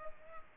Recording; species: mosquito wingbeat signal from an infrared sensor; Culex pipiens